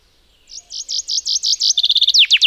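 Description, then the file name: Common chaffinch song: several broad repeated notes, then a quick run of short notes, ending in a few steep down-slurred notes; no other sounds. "Fringilla coelebs"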